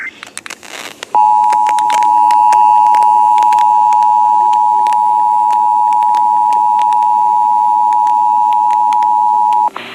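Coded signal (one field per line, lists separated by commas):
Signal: Emergency Alert System (SAME) tones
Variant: 853 and 960 Hz attention tone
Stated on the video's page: Severe weather EAS alerts received on NOAA weather radio during a week in York Beach, Maine.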